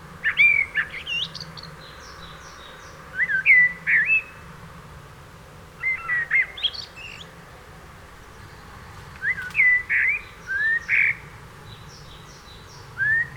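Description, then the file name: Eurasian blackbird singing several separate phrases of fluted, varied whistles, most followed by thin high twittering, with pauses of a second or two between. "Turdus merula"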